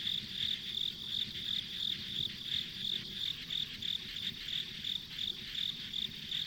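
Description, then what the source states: Steady pulsing insect chorus, bright high chirps in a regular beat, with soft low background noise. Ambient insect sounds recorded on a country road.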